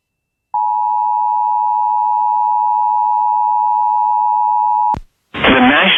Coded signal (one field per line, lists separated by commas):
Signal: Emergency Alert System (SAME) tones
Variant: 853 and 960 Hz attention tone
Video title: LA TOR-C EAS #552